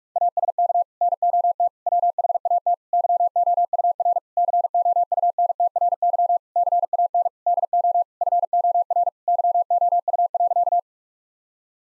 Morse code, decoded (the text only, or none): ASK NOT WHAT YOUR COUNTRY CAN DO FOR YOU.